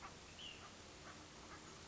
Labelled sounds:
Ash-throated Flycatcher (Myiarchus cinerascens)

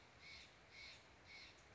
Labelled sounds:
Steller's Jay (Cyanocitta stelleri)

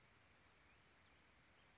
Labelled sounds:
Bewick's Wren (Thryomanes bewickii)

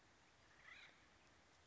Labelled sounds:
Acorn Woodpecker (Melanerpes formicivorus)

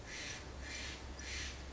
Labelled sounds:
Steller's Jay (Cyanocitta stelleri)

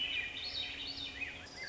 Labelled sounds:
Swainson's Thrush (Catharus ustulatus)

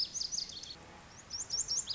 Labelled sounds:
Lazuli Bunting (Passerina amoena)

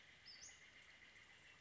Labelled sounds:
Western Flycatcher (Empidonax difficilis)

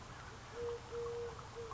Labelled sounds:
Eurasian Collared Dove (Streptopelia decaocto)

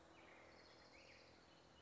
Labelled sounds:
Black-headed Grosbeak (Pheucticus melanocephalus)

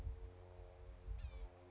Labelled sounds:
Blue-gray Gnatcatcher (Polioptila caerulea)

